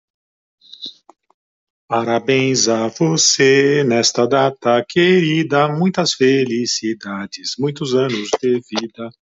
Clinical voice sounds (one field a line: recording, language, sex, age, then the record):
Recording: short text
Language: Brazilian Portuguese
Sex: male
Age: 50 to 59 years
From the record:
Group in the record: control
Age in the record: 58 years